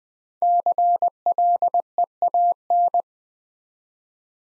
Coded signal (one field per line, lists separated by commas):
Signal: Morse code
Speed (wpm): 20 wpm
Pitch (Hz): 700 Hz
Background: none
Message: CLEAN